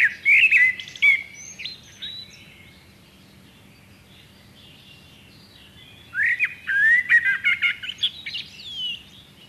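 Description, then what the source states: Common blackbird gives two warbled song phrases separated by a quiet pause, each a mellow fluted start slipping into high, squeaky chattering notes. Nominate subspecies Turdus merula merula.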